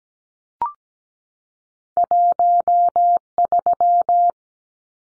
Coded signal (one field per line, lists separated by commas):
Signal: Morse code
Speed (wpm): 17 wpm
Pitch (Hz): 700 Hz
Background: none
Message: 13